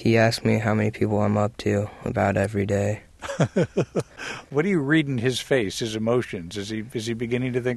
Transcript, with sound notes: He asks me how many people I'm up to about every day.
(Soundbite of laughter) What do you read in his face, his emotions? Is he beginning to think: